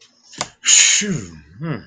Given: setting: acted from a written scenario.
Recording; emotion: vocal sound without words; pride